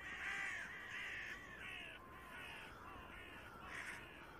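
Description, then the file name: Carrion crow giving hoarse, grating caws in a steady series of roughly six calls over a few seconds against a faint hiss. "Corvus corone"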